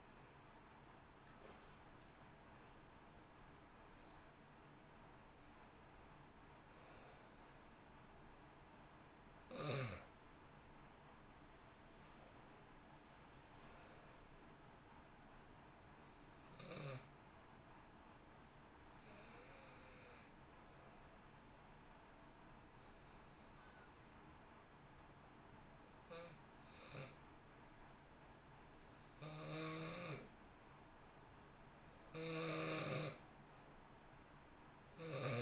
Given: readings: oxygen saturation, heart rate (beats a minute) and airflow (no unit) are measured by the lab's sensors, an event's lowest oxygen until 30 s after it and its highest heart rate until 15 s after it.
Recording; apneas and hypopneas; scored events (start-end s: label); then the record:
breathing in sleep by a voice recorder at the bedside; 1
1.00-31.00 s: new sleep stage, N1 (lightest sleep)
18.00-31.30 s: hypopnea (N1, oxygen 94% highest, then 91% lowest, heart rate 59 at the start, 63 highest)
31.00-35.42 s: new sleep stage, N2 (light sleep)
From the record:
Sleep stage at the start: N2 (light sleep); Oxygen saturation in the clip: 88 to 94%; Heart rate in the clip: 57 to 71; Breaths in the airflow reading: 10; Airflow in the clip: -1.4 to 2.5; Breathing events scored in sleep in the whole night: 328 in 6.3 hours asleep